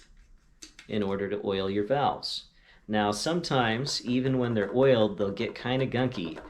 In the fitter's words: and then we're going to make sure the number is facing the mouthpiece and click it